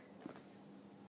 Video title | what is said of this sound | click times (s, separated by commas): 5000 5000+ Training Video | lift until the side rail locks into position with an audible click | 0.3 s, 0.4 s